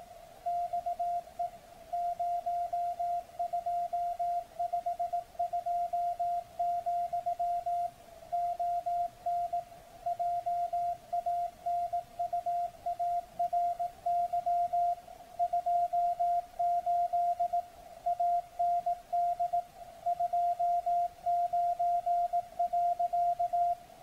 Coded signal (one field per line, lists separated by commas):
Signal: Morse code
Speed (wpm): 18 wpm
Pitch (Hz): 700 Hz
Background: none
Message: XE 0252, ON JANUARY 28 AND 29.